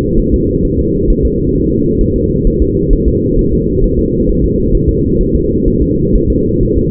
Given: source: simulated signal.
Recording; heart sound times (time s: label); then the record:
fetal heart sounds
0.19 s: S1
0.34 s: S2
0.65 s: S1
0.79 s: S2
1.10 s: S1
1.25 s: S2
1.56 s: S1
1.70 s: S2
2.01 s: S1
2.16 s: S2
2.47 s: S1
2.62 s: S2
2.93 s: S1
3.08 s: S2
3.39 s: S1
3.53 s: S2
3.84 s: S1
3.99 s: S2
4.29 s: S1
4.44 s: S2
4.75 s: S1
4.89 s: S2
5.21 s: S1
5.35 s: S2
5.68 s: S1
5.82 s: S2
6.15 s: S1
6.30 s: S2
6.63 s: S1
6.78 s: S2
From the record:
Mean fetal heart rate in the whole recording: 130 bpm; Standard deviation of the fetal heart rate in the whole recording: 4 bpm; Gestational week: 38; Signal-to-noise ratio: -10.2 dB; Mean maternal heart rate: 72 bpm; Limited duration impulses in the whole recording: present